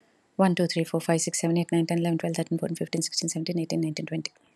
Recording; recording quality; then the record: counting at a fast pace; excellent, no background noise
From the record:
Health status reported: recovered from COVID-19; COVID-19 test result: positive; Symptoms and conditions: cold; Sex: female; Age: 42 years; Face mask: not worn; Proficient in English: yes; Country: India